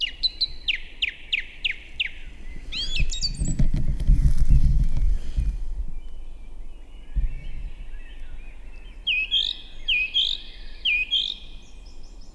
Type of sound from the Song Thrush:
song